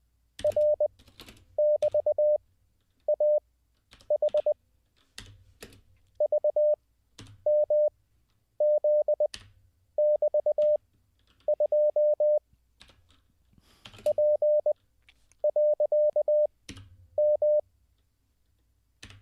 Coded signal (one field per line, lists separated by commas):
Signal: Morse code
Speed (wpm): 20 wpm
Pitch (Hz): 600 Hz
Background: none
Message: R<BT>AH VMZ<BT>2 P.M